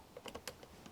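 The collar of a hose quick-connect fitting is squeezed down and the coupling is pulled off an outboard motor's flush port. A series of short, light clicks and taps occurs, with the sharpest and loudest click at 0.5 s as the fitting releases. The hose comes free of the flush port.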